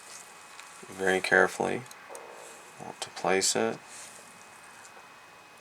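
An LCD ribbon cable connector for a GBA IPS V.2 screen is carefully placed and lined up over its mainboard socket before being pressed down. Someone talks, and two brief ticks are heard at about 0.6 s and 2.2 s. Nothing has seated or clicked yet.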